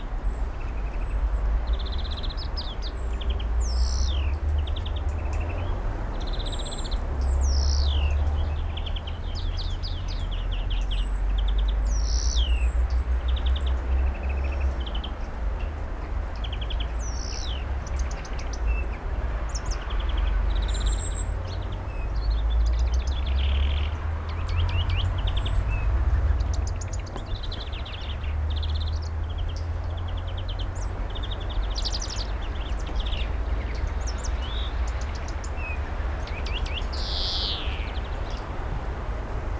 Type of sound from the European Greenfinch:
song